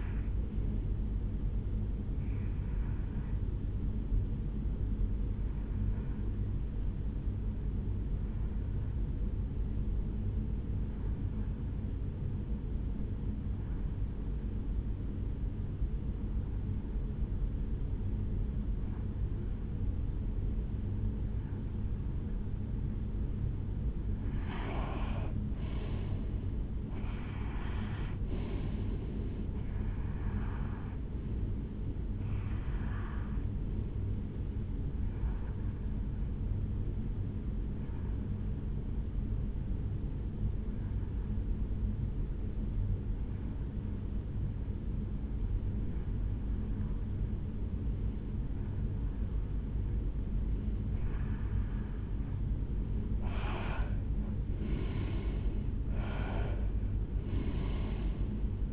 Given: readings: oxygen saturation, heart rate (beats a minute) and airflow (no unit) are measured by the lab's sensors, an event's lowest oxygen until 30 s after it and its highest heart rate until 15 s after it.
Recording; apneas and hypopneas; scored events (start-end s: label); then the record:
breathing in sleep by a smartphone at the bedside; 2
5.00-25.50 s: hypopnea (N2, oxygen 95% highest, then 90% lowest, heart rate 64 at the start, 72 highest)
23.00-58.73 s: new sleep stage, N1 (lightest sleep)
35.00-52.60 s: hypopnea (N1, oxygen 93% highest, then 89% lowest, heart rate 72 at the start, 74 highest)
From the record:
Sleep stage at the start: N2 (light sleep); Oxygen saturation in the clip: 90 to 95%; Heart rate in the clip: 63 to 73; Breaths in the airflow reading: 20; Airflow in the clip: -7.3 to 5.8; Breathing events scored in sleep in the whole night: 449 in 7.0 hours asleep